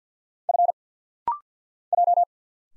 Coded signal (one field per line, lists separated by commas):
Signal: Morse code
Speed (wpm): 50 wpm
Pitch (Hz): 700 Hz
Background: none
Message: F J